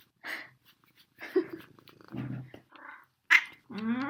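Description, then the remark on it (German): A cat that stepped on a keyboard meows several times in short, raspy bursts with brief pauses between, ending on a clearer, drawn-out, tonal meow. No one speaks. “Er trat auf meine Tastatur und es handelte sich um die Katze.”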